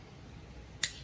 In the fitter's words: Yeah, you hear a good click, it's all set to go.